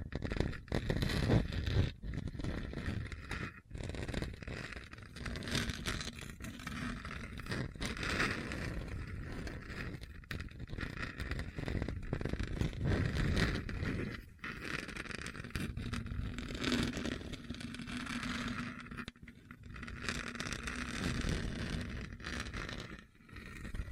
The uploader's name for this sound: Hard and Bumpy Surface Scratching